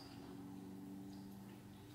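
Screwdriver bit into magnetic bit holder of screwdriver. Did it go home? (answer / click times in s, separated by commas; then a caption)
no / none. A steel screwdriver bit is being handled at the strong magnetized tip of a PB Swiss 8515 All Rounder screwdriver, ready to be inserted into the magnetic bit holder. A steady low hum with tonal bands near 200–300 Hz runs through the clip, with no sharp transients. Nothing has seated or clicked yet.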